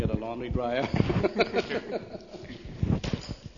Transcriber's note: laughter